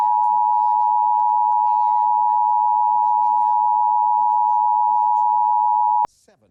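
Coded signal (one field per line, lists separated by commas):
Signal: Emergency Alert System (SAME) tones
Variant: 853 and 960 Hz attention tone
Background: speech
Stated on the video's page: Mock Tornado Warning with valid tones.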